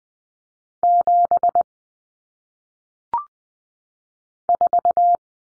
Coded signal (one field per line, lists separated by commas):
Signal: Morse code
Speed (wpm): 20 wpm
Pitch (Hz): 700 Hz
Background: none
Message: 7 4